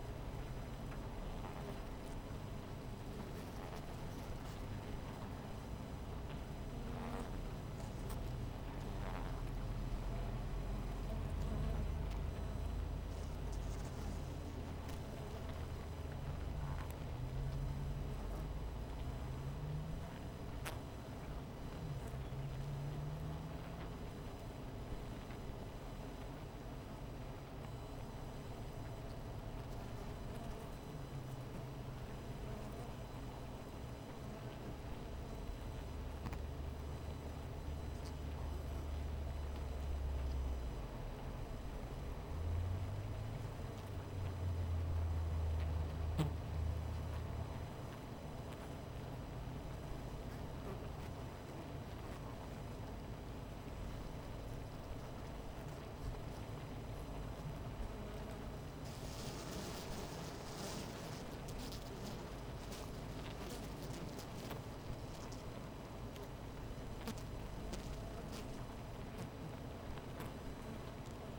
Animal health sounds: honeybee colony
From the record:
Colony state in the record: missing queen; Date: 14 July 2017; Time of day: 16:35

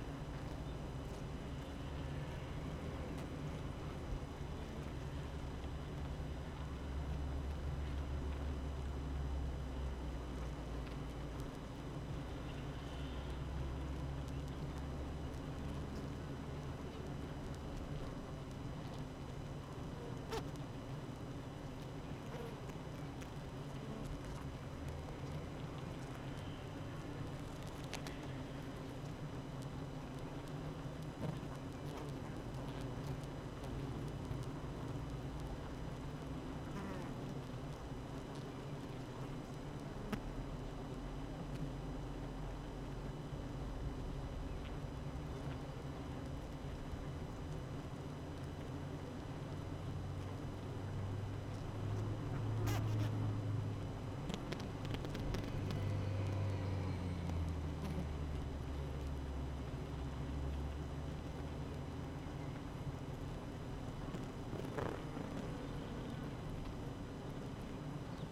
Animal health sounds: honeybee colony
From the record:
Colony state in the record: active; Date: 12 June 2018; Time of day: 8:07

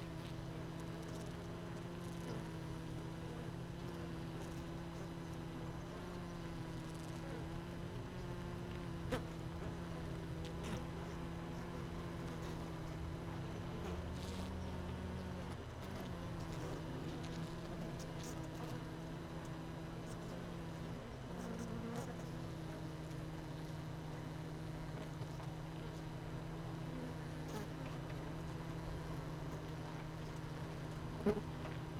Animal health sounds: honeybee colony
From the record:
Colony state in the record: missing queen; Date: 31 May 2018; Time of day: 16:52

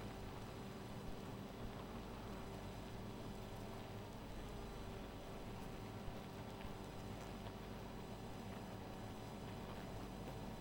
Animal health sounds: honeybee colony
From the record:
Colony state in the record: missing queen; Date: 14 July 2017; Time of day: 1:16

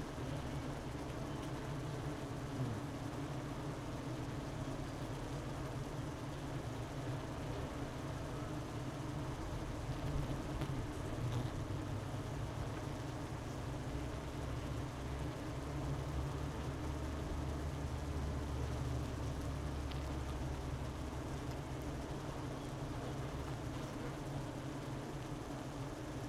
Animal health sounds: honeybee colony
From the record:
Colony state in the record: missing queen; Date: 31 May 2018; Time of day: 12:26

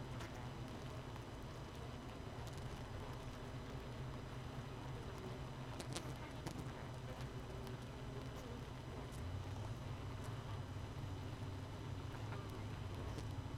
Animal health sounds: honeybee colony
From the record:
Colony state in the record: missing queen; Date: 31 May 2018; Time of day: 5:13

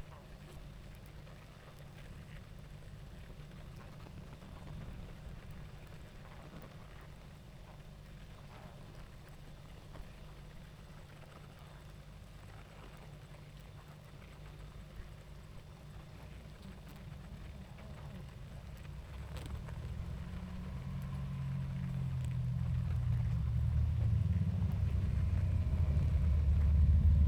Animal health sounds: honeybee colony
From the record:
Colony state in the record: active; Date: 28 July 2017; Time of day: 19:27

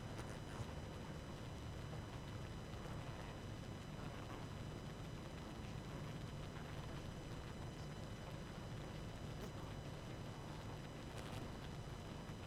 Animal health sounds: honeybee colony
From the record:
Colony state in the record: active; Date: 12 June 2018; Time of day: 22:48

